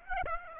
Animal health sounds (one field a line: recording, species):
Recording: mosquito wingbeat signal from an infrared sensor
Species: Aedes aegypti